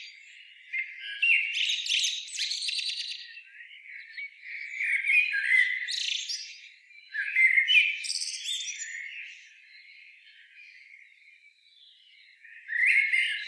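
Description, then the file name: Common blackbird producing scratchy, buzzy chatter in uneven bursts, with a quiet spell before a final loud squeaky outburst. "Turdus merula"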